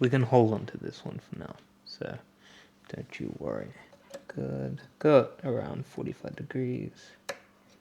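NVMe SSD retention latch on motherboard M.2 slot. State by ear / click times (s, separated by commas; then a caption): seated / 7.3 s. Someone talks while an NVMe SSD is inserted at about 45 degrees into a motherboard M.2 slot and pressed down. The plastic tool-less M.2 retention latch is turned until it locks with a sharp, short click at 7.3 s. The drive is seated and locked so it no longer moves.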